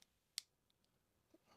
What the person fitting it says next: you can hear that snap right on his chest